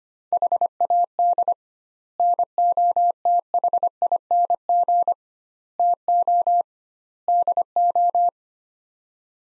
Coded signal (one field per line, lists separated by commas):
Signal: Morse code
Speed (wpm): 25 wpm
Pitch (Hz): 700 Hz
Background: none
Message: HAD NOTHING TO DO